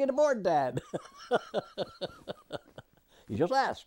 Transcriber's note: laughs